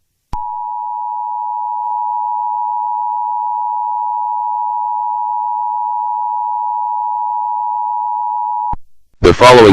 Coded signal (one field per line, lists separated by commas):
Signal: Emergency Alert System (SAME) tones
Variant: 853 and 960 Hz attention tone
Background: speech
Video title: EAS Philippines Scenario #1: The 3 New Super Volcano 15 Subscribers edition